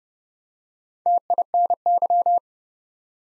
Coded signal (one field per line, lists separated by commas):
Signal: Morse code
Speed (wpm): 30 wpm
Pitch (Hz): 700 Hz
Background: none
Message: TINY